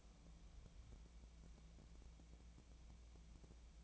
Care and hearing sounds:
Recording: daily activity, microphone in the room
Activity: take from stove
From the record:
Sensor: 1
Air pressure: 1000.0 hPa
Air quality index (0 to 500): 134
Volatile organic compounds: 2 ppm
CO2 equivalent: 1265 ppm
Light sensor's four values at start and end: 39/98/41/51 and 39/98/41/51

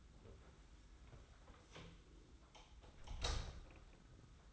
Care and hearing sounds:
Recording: daily activity, microphone in the room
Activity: close door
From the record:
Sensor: 3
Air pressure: 991.6 hPa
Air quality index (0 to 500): 149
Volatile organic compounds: 498 ppm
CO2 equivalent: 4816 ppm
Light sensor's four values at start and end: 43/121/49/43 and 43/121/49/43

